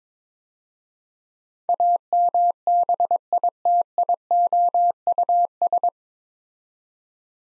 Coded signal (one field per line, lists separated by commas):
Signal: Morse code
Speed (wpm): 22 wpm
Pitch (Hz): 700 Hz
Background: none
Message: AMBITIOUS